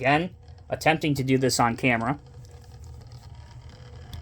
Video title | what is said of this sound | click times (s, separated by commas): 1:50 Scale Diecast Masters Caterpillar 259D3 Compact Track Loader Special Black Onyx Finish | click over see that click over the two top connection points and then | 4.1 s